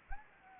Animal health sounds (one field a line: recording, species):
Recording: mosquito wingbeat signal from an infrared sensor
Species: Anopheles arabiensis